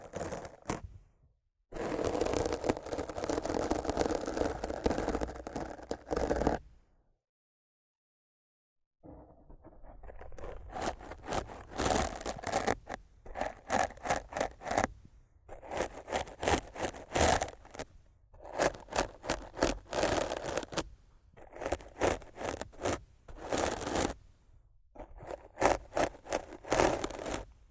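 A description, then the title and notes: Rough scratching and brushing on a microphone, with a dense, steady rasp for the first few seconds. A short silence around seven to nine seconds follows, then the sound returns as quicker, bursty strokes with brief gaps between them until the end. ASMR Rough Mic Scratching & Brushing (No Talking).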